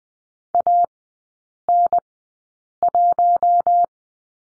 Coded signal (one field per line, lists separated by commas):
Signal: Morse code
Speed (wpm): 20 wpm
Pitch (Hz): 700 Hz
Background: none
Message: AN1